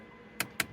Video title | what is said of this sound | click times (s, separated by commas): 05 Jeep Laredo Rear Disc & Park Brake Shoe Replacement | until it clicks a couple notches | 0.4 s, 0.6 s